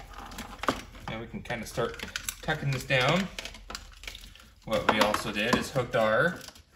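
An antenna adapter plug is pushed into the antenna port of the car radio during a radio install in a 2001–2008 Audi A4, and it clips in with a sharp click at 0.7 s. The adapter is seated, and someone talks throughout.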